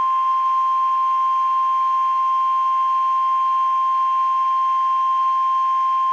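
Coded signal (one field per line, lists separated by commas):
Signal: Emergency Alert System (SAME) tones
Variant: 1050 Hz attention tone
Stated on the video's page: Miami NOAA weather radio tornado drill, recorded from an online Broadcastify stream.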